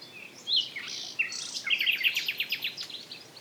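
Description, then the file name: Common nightingale phrase: a sharp whistle, then a rapid series of repeated harsh notes. "Luscinia megarhynchos"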